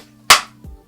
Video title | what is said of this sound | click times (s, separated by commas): CrazyAnt Lightweight Luggage Cart | bam you hear that click you know this thing's locked you | 0.3 s